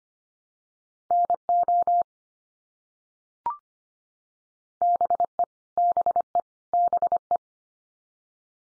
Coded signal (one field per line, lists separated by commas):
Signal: Morse code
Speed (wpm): 25 wpm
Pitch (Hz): 700 Hz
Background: none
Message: NO BE BE BE